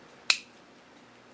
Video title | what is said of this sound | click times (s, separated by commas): Colt Challenger Pistol 22LR Field Strip | I'm going to pull push this slide back about an eighth of an inch. You'll hear it click again. | 0.3 s